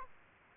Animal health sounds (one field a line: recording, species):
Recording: mosquito wingbeat signal from an infrared sensor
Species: Aedes aegypti